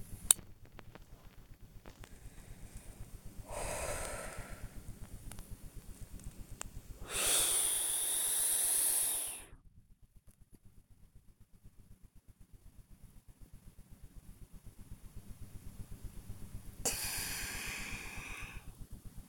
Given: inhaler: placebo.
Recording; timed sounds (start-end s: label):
one use of a dry powder inhaler by a smartwatch
0.05-0.66 s: inhaler activation
3.40-5.03 s: exhalation
6.94-9.71 s: inhalation
16.78-18.91 s: exhalation